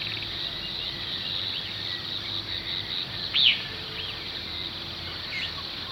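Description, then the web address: Lesser Elaenia call: a single clear arched whistled note with a few fainter similar notes around it, over a steady high insect drone. Recorded in Ecuador. "Birds of Ecuador. Lesser Elaenia"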